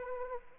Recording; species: mosquito wingbeat signal from an infrared sensor; Anopheles arabiensis